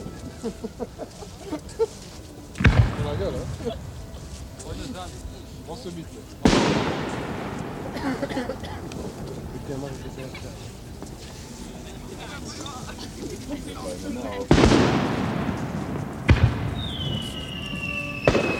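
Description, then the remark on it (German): Fireworks explode in four loud, irregularly spaced booms, each trailing off in a crackling rumble, with a thin whistling tone near the end and a low murmur of voices underneath. “Aber er wollte nur von einem Auto auf ein Feuerwerk übergehen.”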